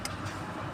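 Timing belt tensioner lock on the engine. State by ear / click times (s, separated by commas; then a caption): not seated / none. A timing belt tensioner lock on a Geely Coolray 1.5L engine is handled while the timing belt tensioner is being set. A brief sharp tick rises at about 0.05 s over steady low mechanical noise. Nothing has seated or clicked home yet.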